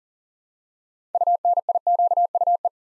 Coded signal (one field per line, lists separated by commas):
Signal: Morse code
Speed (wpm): 41 wpm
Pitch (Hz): 700 Hz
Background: none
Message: UNIQUE